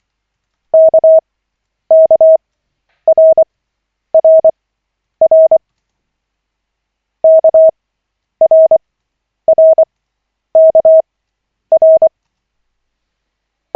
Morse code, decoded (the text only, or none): KKRRR KRRKR